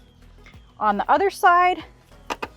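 The second lower anchor connector of a Cosco Scenera Next car seat is being handled toward the vehicle's lower anchor bar on the other side. Someone talks, and a few short handling taps follow. Nothing has seated or clicked into place yet.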